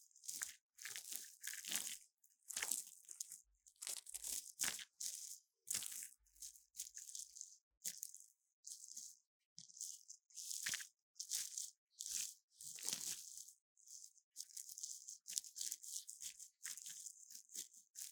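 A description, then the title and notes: A syringe draws in water with short, bright popping and crackling bursts, some sharp and some stretched into hissy gurgles. The bursts come in irregular clusters every second or so across the whole clip, separated by near-silent gaps. The sound of the syringe absorbing water and making a popping sound.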